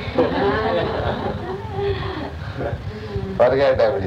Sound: laughter